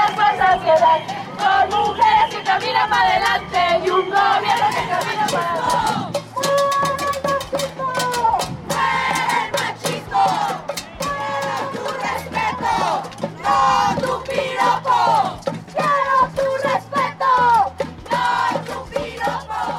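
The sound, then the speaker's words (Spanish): A large crowd at a feminist protest march in Mexico, the Primavera Violeta march of Sunday 24 April convened by dozens of feminist collectives, chants loudly and continuously, many voices shouting together in rhythmic, rising cries with drum-like thumps underneath for the full stretch. “cuando las mexicanas en casi todo el país marcharon por lo que se bautizó como Primavera Violeta, un movimiento convocado por docenas de colectivos feministas que por primera vez hicieron escuchar su voz de forma masiva.”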